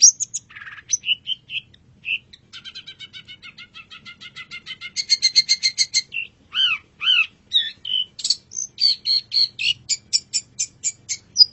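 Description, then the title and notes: Long-tailed shrike song of rapid rattling trills, dipping slurred notes and sharp high whistles strung together in quick succession. Champion (juara) bird singing (kicauan). "Kicau Burung Cendet Juara. Audio Kicauan Burung Cendet Juara"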